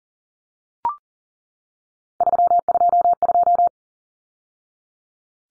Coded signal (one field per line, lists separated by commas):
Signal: Morse code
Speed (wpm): 40 wpm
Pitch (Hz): 700 Hz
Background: none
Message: 322